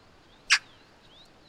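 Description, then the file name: Eurasian magpie uttering one short, dry, grating note, with faint thin whistles from other birds in the background. "Pica pica"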